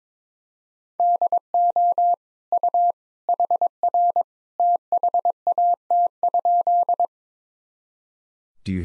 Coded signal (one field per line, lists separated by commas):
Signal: Morse code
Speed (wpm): 22 wpm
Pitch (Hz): 700 Hz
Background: none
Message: DO U HR THAT?